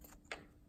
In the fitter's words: And then the inside casing first snaps